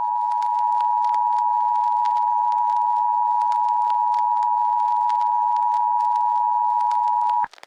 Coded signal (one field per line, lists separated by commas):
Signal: Emergency Alert System (SAME) tones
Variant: 853 and 960 Hz attention tone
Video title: Saint-Hubert EAS (Jurassic Park Analog Horror)